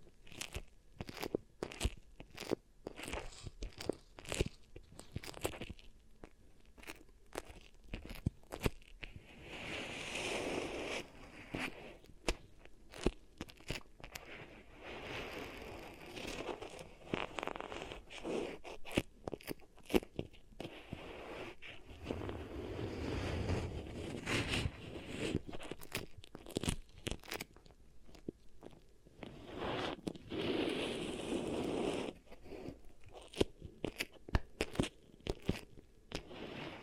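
Beeswax is pressed and worked over the ear, giving dense sticky crackles and sharp clicky crunches that come irregularly throughout. Softer, fuller squishing swells rise around 10, 23 and 30 seconds, with brief quieter gaps between bursts of clicking.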